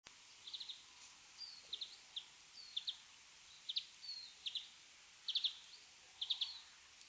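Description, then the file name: European greenfinch giving short, faint chirping notes in quick clusters, repeated irregularly throughout over a steady hiss of background noise. "Chloris chloris"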